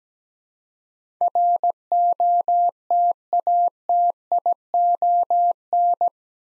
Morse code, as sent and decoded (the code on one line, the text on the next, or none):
.-. --- - .- - .. --- -.
ROTATION